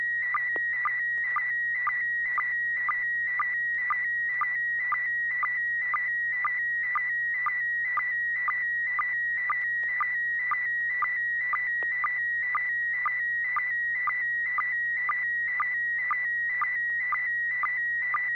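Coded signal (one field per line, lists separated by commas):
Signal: SSTV (slow-scan television)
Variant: PD120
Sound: steady warbling tone near 2 kHz with brief low sync chirps about twice each second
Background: FM radio hiss, low hum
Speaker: I am. This is N6PGQ, and this is supposed to be PD 120.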